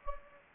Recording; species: mosquito wingbeat signal from an infrared sensor; Anopheles gambiae